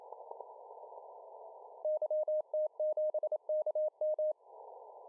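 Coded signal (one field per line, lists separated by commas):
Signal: Morse code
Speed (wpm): 27 wpm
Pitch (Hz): 620 Hz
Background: radio noise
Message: YT7KM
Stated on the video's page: 40m CW station received via an RFSpace Cloud-IQ remote receiver.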